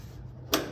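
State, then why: Seated. The stainless steel pull-out propane tank holder of a Monument Denali D605-PRO smart gas grill is slid into the grill cart's cabinet and its lock engages so it stays put when the grill is moved around. After a low, steady background, a short sharp click sounds at 0.5 s as the holder locks in place.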